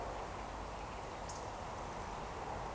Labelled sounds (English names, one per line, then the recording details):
Eurasian Woodcock
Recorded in Baden-Württemberg, Germany, on 13 June 2020 at 19:25 UTC
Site 43791, 788 m above sea level